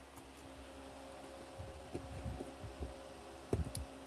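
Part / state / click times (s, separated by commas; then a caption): motherboard power cable connector into motherboard socket / seated / 3.8 s. A motherboard power cable connector is pushed into its socket on the motherboard over a steady low hum, with soft rustling and handling noise. A sharp hit sounds at about 3.5 s, and the connector clicks into place at 3.8 s, seated.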